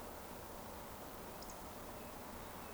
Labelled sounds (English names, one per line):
Eurasian Woodcock